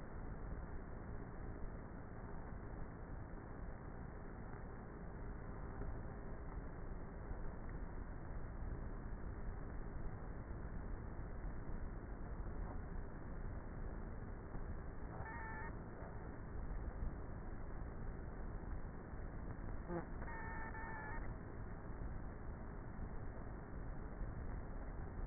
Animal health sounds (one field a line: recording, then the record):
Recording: honeybee colony, microphone inside the hive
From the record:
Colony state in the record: queenless with a low population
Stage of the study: before two queens were removed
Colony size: about 30,000 bees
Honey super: no